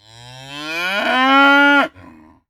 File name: Young Bull Mooing